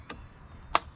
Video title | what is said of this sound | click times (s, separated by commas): Unboxing: Seed Starter Tray with Grow Light - 5Pcs Seed Starter Kit with Adjustable Brightness | and it snaps right into place so they won't fall off | 0.8 s